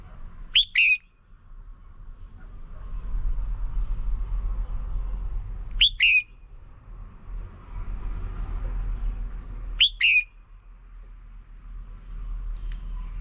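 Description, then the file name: Red-whiskered bulbul calling with a sharp two-part whistled note roughly every five seconds over a steady low traffic rumble. Female. "tieng chao mao mai"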